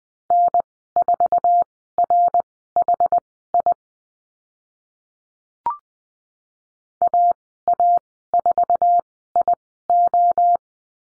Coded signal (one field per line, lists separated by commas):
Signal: Morse code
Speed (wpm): 20 wpm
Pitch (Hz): 700 Hz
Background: none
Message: N4RHI AA4IO